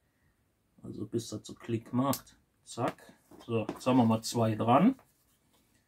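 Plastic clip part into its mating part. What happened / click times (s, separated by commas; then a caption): Handled, not yet home: no seating click heard / none. A plastic clip part is handled at its mating part while someone talks throughout. Nothing has seated or clicked yet.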